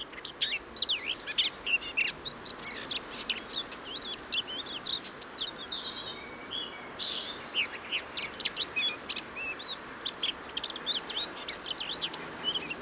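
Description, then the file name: Eurasian blackcap song: long stretches of quick, high chattering notes with a softer lull midway before the fast warble resumes. "Sylvia atricapilla"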